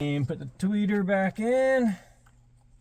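Someone talks while handling the plastic tweeter cover, getting ready to put it back into the A-pillar trim of an F-150 during a sunroof leak repair. Nothing has seated or clicked yet. After the talking, only faint low background noise remains.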